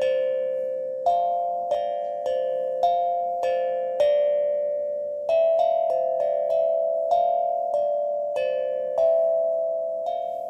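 A singing bowl or chakra drum is struck every second or so, each bright metallic note ringing on and overlapping the next.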